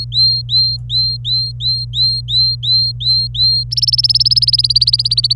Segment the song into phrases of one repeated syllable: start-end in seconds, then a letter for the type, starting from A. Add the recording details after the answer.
0.00-3.63 A, 3.71-5.33 B. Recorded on 26 April 2018 at 12:59. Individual llb3